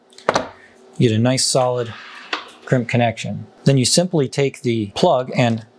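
Someone talks while handling a plastic watertight plug housing that is about to slide onto a lug freshly crimped onto 10-gauge wire, with a brief sharp tap near 0.3 s. The clip ends before the plug snaps into place and its nut is tightened, so nothing has seated or clicked yet.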